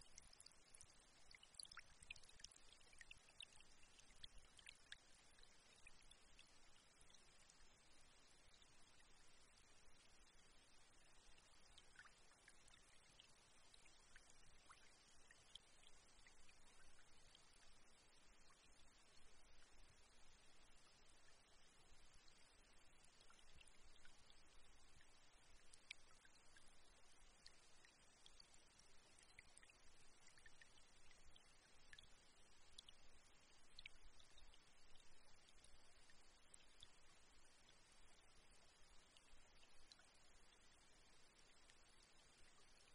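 Gently flowing water runs steadily throughout, a soft, even trickle with fine bright splashes and small drips scattered densely, nothing standing out.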